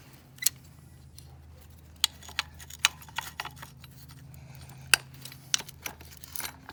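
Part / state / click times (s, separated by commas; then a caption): locked plastic part on a string trimmer during disassembly / released / 4.9 s. A locked-in plastic part on a weathered Echo SRM-225 string trimmer is pressed hard during teardown, with sharp ticks and clicks at about 0.5, 2.0, 2.8 and 5.5 seconds over a low steady hum. The part lets go with a loud, sharp snap at 4.9 seconds and comes off.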